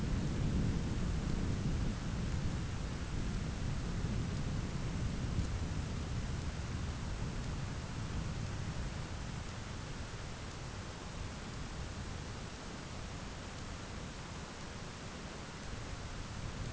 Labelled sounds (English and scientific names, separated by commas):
none